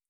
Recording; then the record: hydrophone in a shrimp aquaculture tank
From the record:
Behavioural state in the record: feeding